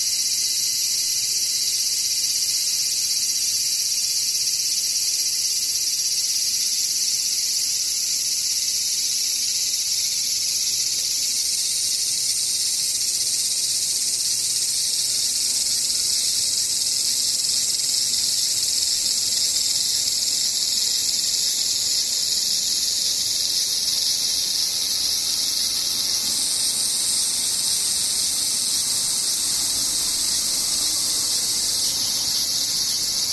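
Cicadas drone without pause, a dense, shrill buzz that stays high and bright for the whole stretch. The chorus is close and steady in loudness, with only slight shifts in its upper edge partway through. Nothing else stands out beneath it.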